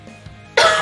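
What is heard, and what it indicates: Half a second of quiet room tone during a live radio talk show, then one sudden, loud, harsh cough burst that fills the rest of the clip and is cut off before it ends. It is a single ordinary adult cough, with no wheeze or whoop audible.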